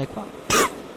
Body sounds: coughing mixed with background sound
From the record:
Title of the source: 31 night wet cough

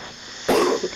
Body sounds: coughing mixed with background sound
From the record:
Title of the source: Coughing 77

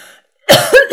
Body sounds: coughing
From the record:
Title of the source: Coughing Woman Sound - Woman Cough Sound Effect

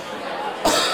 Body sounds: coughing mixed with background sound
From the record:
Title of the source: Spring Allergy Coughing

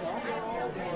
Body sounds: coughing mixed with background sound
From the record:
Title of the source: female coughing - coughing sound effects girl

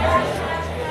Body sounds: background sound without coughing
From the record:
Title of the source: CITY SOUNDS Busy Bar in the Evening Night - 2 HOURS of Ambiance for Relaxation

